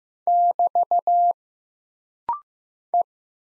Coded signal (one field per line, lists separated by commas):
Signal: Morse code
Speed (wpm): 15 wpm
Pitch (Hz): 700 Hz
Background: none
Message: <BT> E